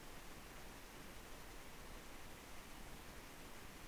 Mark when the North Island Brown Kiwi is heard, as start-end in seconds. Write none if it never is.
none